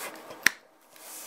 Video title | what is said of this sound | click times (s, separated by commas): PP75 Color Coding Fuse Placement | You'll hear it click and it will slide in. | 0.5 s